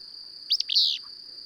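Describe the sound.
Bird giving two quick chirps followed by a longer note, over a constant high-pitched whine.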